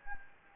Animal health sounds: mosquito wingbeat signal from an infrared sensor; Anopheles gambiae

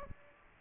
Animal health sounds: mosquito wingbeat signal from an infrared sensor; Aedes aegypti

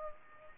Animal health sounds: mosquito wingbeat signal from an infrared sensor; Culex pipiens

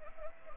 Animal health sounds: mosquito wingbeat signal from an infrared sensor; Anopheles arabiensis

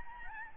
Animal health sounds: mosquito wingbeat signal from an infrared sensor; Aedes albopictus

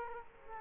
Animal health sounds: mosquito wingbeat signal from an infrared sensor; Culex quinquefasciatus

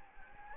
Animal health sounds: mosquito wingbeat signal from an infrared sensor; Anopheles gambiae

